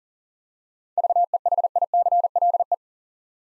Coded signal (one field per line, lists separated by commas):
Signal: Morse code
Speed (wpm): 42 wpm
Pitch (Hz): 700 Hz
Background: none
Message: VEHICLE